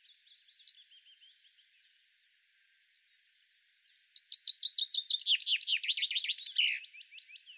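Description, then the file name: Common chaffinch song: a short phrase, a quiet gap, then a loud series of quick, sharp notes ending in a flourish. "Fringilla coelebs"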